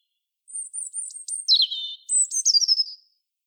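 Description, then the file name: European robin song: a very high thin phrase that drops into lower trilled notes, then a second high phrase sliding downward. "Erithacus rubecula"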